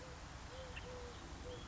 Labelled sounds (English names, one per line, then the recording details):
Eurasian Collared Dove
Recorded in Sonoma County, California